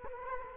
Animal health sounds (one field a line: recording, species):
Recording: mosquito wingbeat signal from an infrared sensor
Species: Culex quinquefasciatus